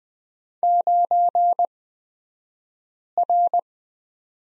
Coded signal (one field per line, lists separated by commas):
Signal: Morse code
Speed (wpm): 20 wpm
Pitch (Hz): 700 Hz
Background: none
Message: 9R